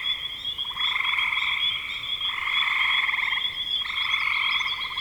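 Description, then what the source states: Frogs giving drawn-out rattling trills, three main bursts with brief gaps between them, over a steady high tone. Spring frogs recorded in 2025.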